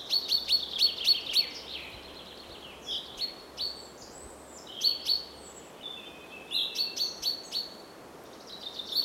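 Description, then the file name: Common chaffinch calls: sharp, high, clipped notes in quick bursts of about six, pausing between runs, with other high chirps and a steady background hiss. "Fringilla coelebs"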